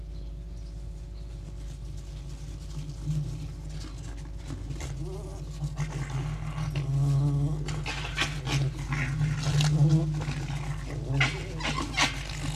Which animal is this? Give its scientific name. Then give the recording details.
Vulpes vulpes. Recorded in captivity. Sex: group. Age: adult. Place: Zoologisches Institut der HUB, Berlin, DE. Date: 1956-02-22 11:45. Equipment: Elmetra. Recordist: Tembrock, Günter